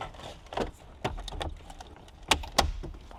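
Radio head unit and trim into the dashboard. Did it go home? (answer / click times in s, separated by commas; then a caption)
yes / 2.3 s, 2.6 s. A radio head unit with its plastic trim is pushed back into the dashboard of a Subaru BRZ after cables are routed for an amplifier install. Light plastic knocks and rubs come at about 0.6, 1.1, 1.3 and 1.4 seconds, then two sharp clicks at 2.3 and 2.6 seconds. The unit snaps into place and is seated.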